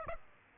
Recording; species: mosquito wingbeat signal from an infrared sensor; Aedes aegypti